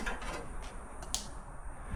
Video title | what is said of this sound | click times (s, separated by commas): Refreshing my JL Jeep Wrangler Episode 1 | Heard the click. | 1.1 s